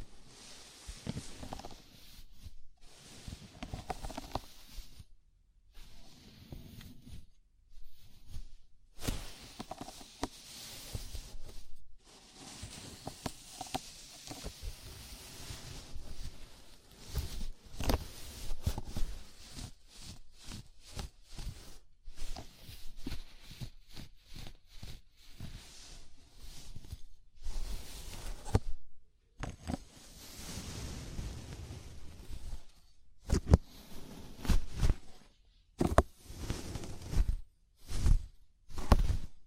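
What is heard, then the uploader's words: A scalp massage: fingers rub and scratch through hair in irregular bursts of crackling, rustling friction, broken by brief silences. Around the middle the strokes turn quick and choppy, then return to longer scrubbing passages with sharp taps near the end. ASMR Sleepy Scalp Massage (No Talking).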